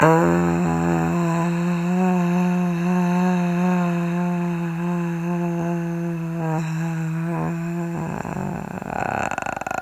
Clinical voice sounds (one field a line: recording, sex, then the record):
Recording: sustained vowel /a/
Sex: female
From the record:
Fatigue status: no fatigue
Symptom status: symptomatic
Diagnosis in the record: COVID-19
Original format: m4a